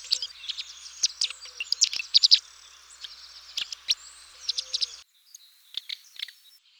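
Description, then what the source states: Bird song, high chattering notes and sharp clicks with short trills, fast irregular phrases, then a quieter gap and a few faint chirps. Song unit 2, from a set of 30 ms song units.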